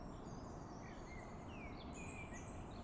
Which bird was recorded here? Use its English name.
Common Blackbird